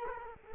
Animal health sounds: mosquito wingbeat signal from an infrared sensor; Culex quinquefasciatus

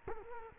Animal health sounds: mosquito wingbeat signal from an infrared sensor; Culex quinquefasciatus

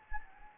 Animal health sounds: mosquito wingbeat signal from an infrared sensor; Anopheles gambiae

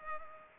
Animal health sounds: mosquito wingbeat signal from an infrared sensor; Culex pipiens

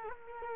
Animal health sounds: mosquito wingbeat signal from an infrared sensor; Culex quinquefasciatus

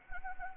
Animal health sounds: mosquito wingbeat signal from an infrared sensor; Anopheles arabiensis

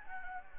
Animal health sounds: mosquito wingbeat signal from an infrared sensor; Anopheles gambiae

